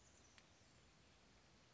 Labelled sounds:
Chestnut-backed Chickadee (Poecile rufescens)

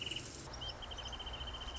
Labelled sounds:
Wrentit (Chamaea fasciata)

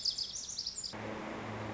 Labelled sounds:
Lazuli Bunting (Passerina amoena)

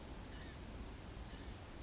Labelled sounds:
Blue-gray Gnatcatcher (Polioptila caerulea)

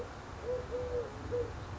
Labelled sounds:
Eurasian Collared Dove (Streptopelia decaocto)

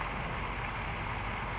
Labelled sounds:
California Towhee (Melozone crissalis)

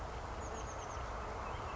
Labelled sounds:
Oak Titmouse (Baeolophus inornatus)

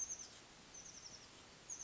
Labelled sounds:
Oak Titmouse (Baeolophus inornatus)

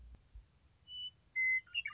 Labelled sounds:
Western Meadowlark (Sturnella neglecta)

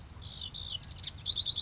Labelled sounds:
House Wren (Troglodytes aedon)

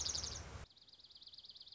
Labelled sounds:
Dark-eyed Junco (Junco hyemalis)

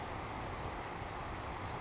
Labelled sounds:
Savannah Sparrow (Passerculus sandwichensis)

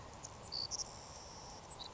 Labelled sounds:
Savannah Sparrow (Passerculus sandwichensis)

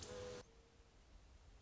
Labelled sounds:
Mourning Dove (Zenaida macroura)

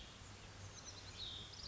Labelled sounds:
Oak Titmouse (Baeolophus inornatus)

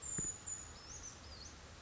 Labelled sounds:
Brown Creeper (Certhia americana)

